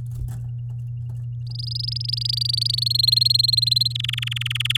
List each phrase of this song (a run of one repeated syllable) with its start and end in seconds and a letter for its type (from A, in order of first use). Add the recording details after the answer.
1.47-2.84 A, 2.86-3.93 B, 3.95-4.77 C. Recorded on 7 May 2018 at 11:52. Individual llb16